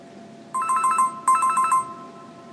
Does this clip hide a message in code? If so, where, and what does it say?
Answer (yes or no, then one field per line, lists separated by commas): no